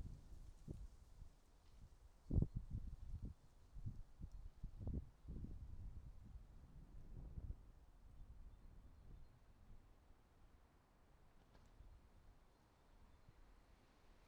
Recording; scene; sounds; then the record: everyday scene through a hearing-aid microphone; wind on the microphone; wind, traffic, birds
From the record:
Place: suburban garden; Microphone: in the ear canal, right